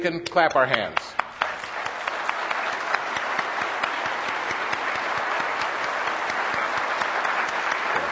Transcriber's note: applause